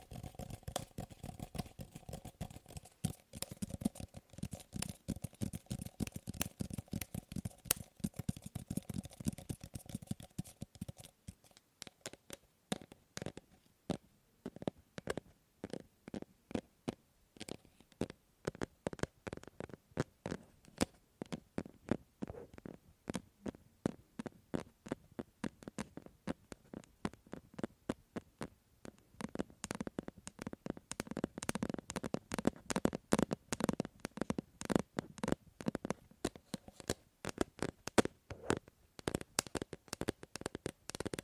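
Tapping on objects, dense and rapid at first over a low steady hum that drops out near eleven seconds. After that the taps come as sharp, distinct clicks, sometimes sparse and slower, sometimes in quick bursts, growing louder and fuller toward the end.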